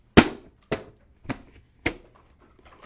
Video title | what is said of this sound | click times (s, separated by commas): Home Design & Décor with Lauren Masters | then when you stand it up you're just going to pull these out click into place | 0.2 s, 0.7 s, 1.9 s